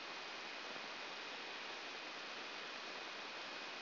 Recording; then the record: brain microelectrode recording played as sound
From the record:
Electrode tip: outside the subthalamic nucleus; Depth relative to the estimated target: -1 mm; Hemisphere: right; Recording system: AlphaMap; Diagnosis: Parkinson's disease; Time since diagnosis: 15 years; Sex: female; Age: 68 years